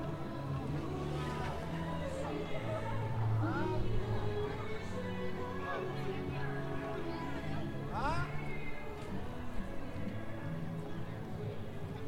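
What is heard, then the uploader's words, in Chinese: A busy street scene on Zhongjie in Shenyang, with overlapping voices of passersby talking throughout. A low, steady rumble of traffic runs underneath, and brief rising chirps or calls cut through around four and eight seconds. 沈阳，中街。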